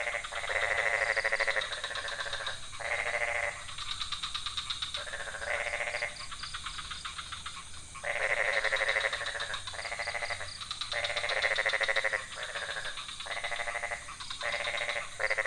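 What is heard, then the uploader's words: Several kinds of frogs call from a pond in dense, overlapping bursts of rapid, raspy croaking, each lasting a second or two and repeating every few seconds. A steady high trill of insects runs underneath throughout, with a faint low rumble in the background. Frogs in Ubud, Bali Indonesia. Recorded in the night in Ubud. Several species of frogs in the pond near the hotel. Sony PCM D50, Rode NT4, Rode boompole.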